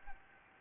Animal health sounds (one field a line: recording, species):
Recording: mosquito wingbeat signal from an infrared sensor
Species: Anopheles gambiae